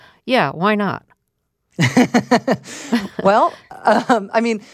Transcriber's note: laughter